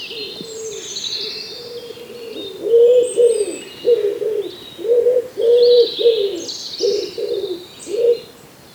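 Common wood pigeon cooing, a run of low hollow notes in a rhythmic repeated phrase, with other birds twittering and whistling above.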